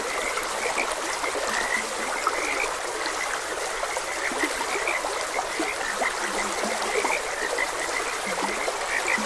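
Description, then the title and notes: Frogs croaking in a dense, continuous chorus of overlapping short notes, with steady trickling stream water throughout. Frogs croaking beside a gentle stream. "Gentle Stream and Frogs Croaking. Sleep and Relaxation Podcast"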